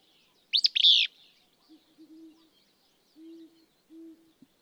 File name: Willow Flycatcher